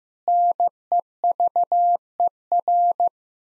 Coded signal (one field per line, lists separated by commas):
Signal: Morse code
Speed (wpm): 16 wpm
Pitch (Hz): 700 Hz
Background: none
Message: NEVER